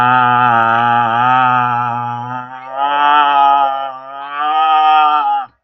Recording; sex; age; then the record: vowel held as long as possible; male; 40 to 49 years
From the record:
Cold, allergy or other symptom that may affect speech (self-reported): no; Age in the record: 44 years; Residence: California, United States